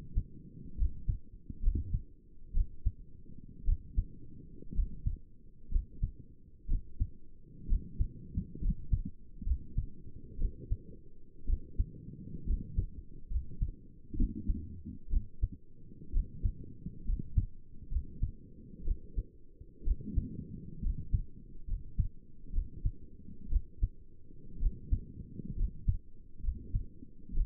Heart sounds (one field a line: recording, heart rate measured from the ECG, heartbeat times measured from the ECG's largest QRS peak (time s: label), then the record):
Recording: heart sounds by stethoscope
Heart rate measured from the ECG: 63 bpm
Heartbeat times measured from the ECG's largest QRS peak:
0.78 s: heartbeat
1.63 s: heartbeat
2.55 s: heartbeat
3.67 s: heartbeat
4.76 s: heartbeat
5.72 s: heartbeat
6.69 s: heartbeat
7.69 s: heartbeat
8.62 s: heartbeat
9.46 s: heartbeat
10.39 s: heartbeat
11.47 s: heartbeat
12.47 s: heartbeat
13.31 s: heartbeat
14.17 s: heartbeat
15.11 s: heartbeat
16.13 s: heartbeat
17.06 s: heartbeat
17.91 s: heartbeat
18.85 s: heartbeat
19.85 s: heartbeat
20.83 s: heartbeat
21.68 s: heartbeat
22.54 s: heartbeat
23.51 s: heartbeat
24.61 s: heartbeat
25.57 s: heartbeat
26.44 s: heartbeat
27.35 s: heartbeat
From the record:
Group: healthy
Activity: rest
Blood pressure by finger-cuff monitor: 78/52 mmHg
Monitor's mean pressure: 62 mmHg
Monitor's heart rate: 63 bpm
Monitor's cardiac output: 5.7 L/min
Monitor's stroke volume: 90 mL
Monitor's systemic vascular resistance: 770 dyn s/cm5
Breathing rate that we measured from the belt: 7 breaths a minute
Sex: male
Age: 22 years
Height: 181 cm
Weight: 79 kg